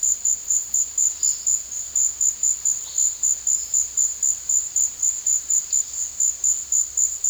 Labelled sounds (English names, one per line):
none